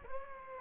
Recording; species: mosquito wingbeat signal from an infrared sensor; Aedes aegypti